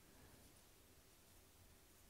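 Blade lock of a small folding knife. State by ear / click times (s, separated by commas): not seated / none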